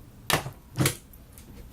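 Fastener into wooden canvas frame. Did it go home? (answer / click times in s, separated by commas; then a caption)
partly / 0.3 s. A fastener is driven into a wooden canvas frame with a sharp click at 0.3 s. A second, broader thud follows around 0.9 s, then a faint tap near 1.4 s. The fastener only partly goes in and does not seat properly.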